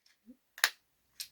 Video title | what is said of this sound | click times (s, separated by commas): Securing the Yellow Poles | you should hear a little click when you're done and there you go so | 0.6 s